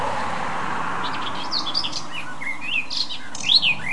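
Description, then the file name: Eurasian blackcap song: a few scratchy and whistled notes rising out of a steady low hiss, growing clearer toward the end. "Sylvia atricapilla"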